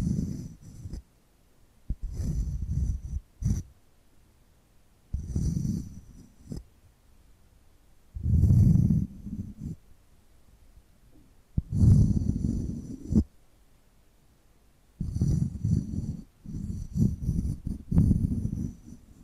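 Tapping and scratching sounds arrive in uneven bursts, each lasting a second or two, separated by short near-silent gaps. The sounds are mostly low and dull, with a faint crisp hiss on top, and the louder rubbing stretches come around eight, twelve and sixteen seconds.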